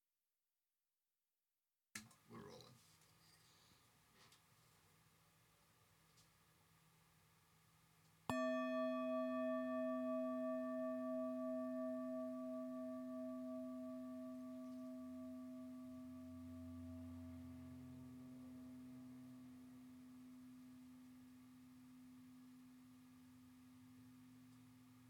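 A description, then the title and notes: After a light knock near two seconds, a singing bowl is struck at eight seconds and rings a bright, steady tone that slowly fades. Bright Simple & Happy Singing Bowl. The transcendent tones of meditative bells and Tibetan singing bowls.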